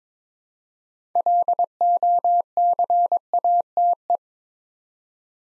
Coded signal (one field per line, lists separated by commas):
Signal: Morse code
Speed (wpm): 22 wpm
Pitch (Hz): 700 Hz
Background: none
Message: LOCATE